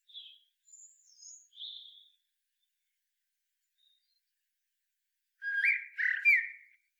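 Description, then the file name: Eurasian blackbird giving thin high notes, a pause, then three rich fluted notes with squeaky overtones. "Turdus merula"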